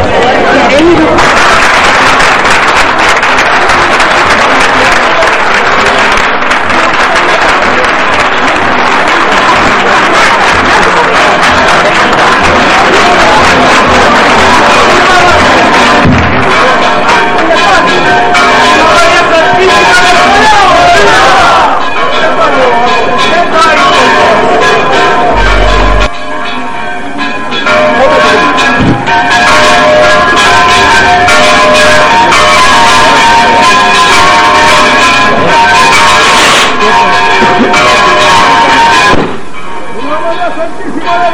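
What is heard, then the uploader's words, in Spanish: Santa María's bells peal in a dense, continuous clangor throughout, with a brief break near twenty-six seconds and crowd voices mixed underneath. Redoble de las campanas de Santa María durante la procesión de la Virgen del Collado en Santisteban del Puerto (JAÉN).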